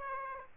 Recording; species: mosquito wingbeat signal from an infrared sensor; Aedes aegypti